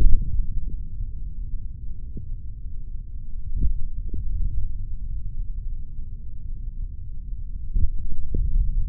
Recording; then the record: forearm muscle sounds (acoustic myography)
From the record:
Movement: finger pinch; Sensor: system 3, bracelet of six PUI Audio POM-2738L microphones around the upper forearm, with dedicated amplification and filtering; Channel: 2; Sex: male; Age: 26 years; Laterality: right